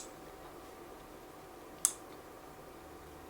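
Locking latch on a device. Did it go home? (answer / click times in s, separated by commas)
yes / 1.9 s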